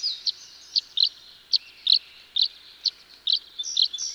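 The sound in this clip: Tree swallow chirping: clipped high notes in a loose, uneven series.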